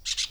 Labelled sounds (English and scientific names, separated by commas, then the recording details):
Brown-throated Parakeet (Eupsittula pertinax) contact call
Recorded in Venezuela
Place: PN Cerro Saroche, Tierras del Sr. Polo, Edo. Lara
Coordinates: 10.171, -69.518